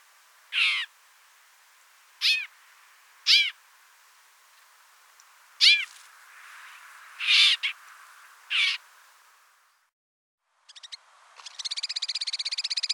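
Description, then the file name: White-winged snowfinch calls: several short, arched notes at uneven intervals, then a rapid buzzing rattle near the end. "Niverolle alpine cris"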